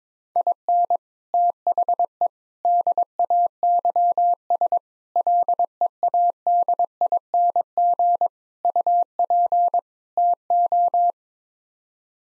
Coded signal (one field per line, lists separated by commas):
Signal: Morse code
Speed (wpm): 22 wpm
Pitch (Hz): 700 Hz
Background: none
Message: IN THE DAYS LEADING UP TO